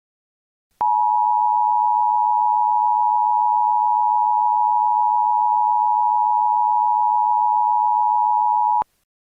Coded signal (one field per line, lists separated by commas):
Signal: Emergency Alert System (SAME) tones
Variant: 853 and 960 Hz attention tone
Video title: EAS SCENARIO: Life After Giants. (Credit to @KingDX21 for making LAG)